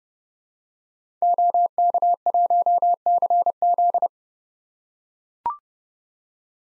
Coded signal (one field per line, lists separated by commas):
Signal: Morse code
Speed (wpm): 32 wpm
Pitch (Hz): 700 Hz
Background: none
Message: OK1CZ